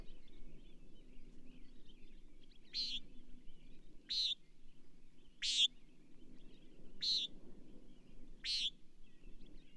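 Bird chirps, five high short notes roughly every one and a half seconds, over a steady low background rumble.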